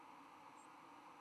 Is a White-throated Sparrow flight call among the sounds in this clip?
no